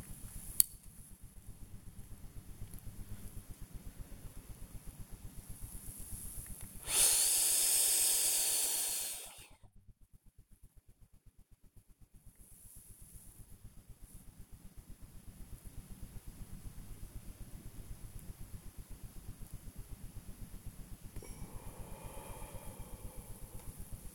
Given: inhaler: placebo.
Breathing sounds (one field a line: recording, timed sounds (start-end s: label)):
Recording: one use of a dry powder inhaler by a smartwatch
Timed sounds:
0.25-0.95 s: inhaler activation
6.76-9.71 s: inhalation
21.09-24.06 s: exhalation